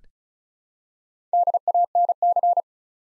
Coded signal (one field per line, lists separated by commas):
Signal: Morse code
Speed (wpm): 36 wpm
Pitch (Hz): 700 Hz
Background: none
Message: DANC